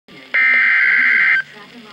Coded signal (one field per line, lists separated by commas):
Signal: Emergency Alert System (SAME) tones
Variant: header bursts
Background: speech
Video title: Severe Thunderstorm Warning (EAS #26)